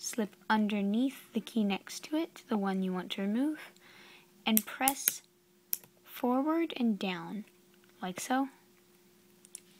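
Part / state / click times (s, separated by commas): laptop keycap on its scissor clasp / released / 9.5 s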